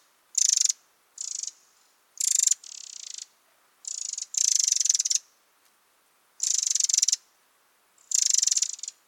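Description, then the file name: Eurasian wren giving high, harsh rattling notes, short and long bursts in an uneven rhythm, with a few quieter churrs between. "Troglodytes troglodytes"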